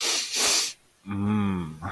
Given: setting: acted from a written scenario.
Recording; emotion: vocal sound without words; desire